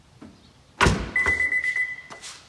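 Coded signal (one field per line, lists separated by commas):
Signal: none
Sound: car's trunk warning beeps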